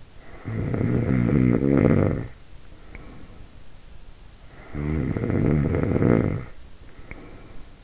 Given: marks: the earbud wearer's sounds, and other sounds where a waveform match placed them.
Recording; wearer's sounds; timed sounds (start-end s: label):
sounds in sleep by an in-ear microphone; snoring breath
0.24-3.56 s: snoring breath
4.59-7.84 s: snoring breath